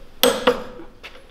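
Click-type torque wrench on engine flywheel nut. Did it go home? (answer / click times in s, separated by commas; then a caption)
yes / 0.2 s. A click-type torque wrench set to 54 ft-lb tightens the flywheel nut on a small engine bolted down to a Siegmund weld table from Quantum Machinery Group, in one smooth pull. The wrench gives a sharp, bright click at 0.2 s, followed by a softer second snap at 0.5 s and a faint rattle near 1.0 s. The nut is confirmed torqued and seated.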